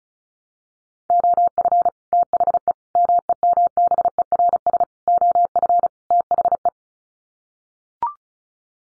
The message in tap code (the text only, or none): none